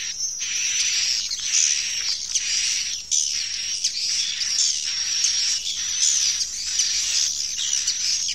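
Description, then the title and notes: Swiftlets giving rapid, high, buzzy chirps in a crowded chorus, with brief drops in loudness between bursts and a steady thin tone above. Recorded in connection with swiftlet farming in Asia. "Swiflet Bird Sound. Farming Swiflet Bird asia sound"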